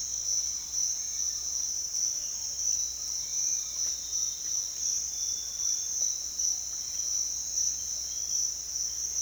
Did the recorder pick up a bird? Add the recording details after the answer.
no. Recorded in secondary vegetation near Puerto Asís, Putumayo, Colombia, on 22 June 2025 at 06:30. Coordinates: 0.485, -76.322. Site GP06